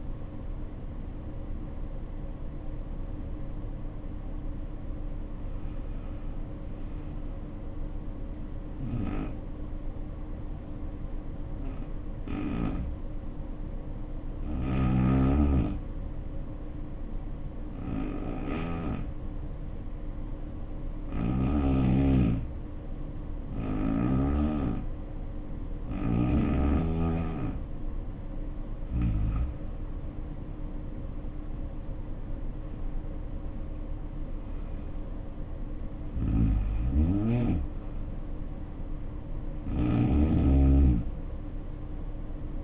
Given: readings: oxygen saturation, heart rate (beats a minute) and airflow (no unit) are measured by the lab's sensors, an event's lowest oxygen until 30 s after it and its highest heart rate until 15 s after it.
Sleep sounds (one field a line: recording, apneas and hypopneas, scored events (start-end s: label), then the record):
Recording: breathing in sleep by a smartphone at the bedside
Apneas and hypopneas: 1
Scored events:
10.00-30.50 s: hypopnea (N1, oxygen 93% highest, then 83% lowest, heart rate 64 at the start, 77 highest)
16.00-42.64 s: new sleep stage, N2 (light sleep)
From the record:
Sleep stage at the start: N1 (lightest sleep)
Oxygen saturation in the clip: 83 to 93%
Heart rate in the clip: 62 to 81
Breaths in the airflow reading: 12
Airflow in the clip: -7.9 to 7.3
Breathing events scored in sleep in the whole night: 520 in 7.2 hours asleep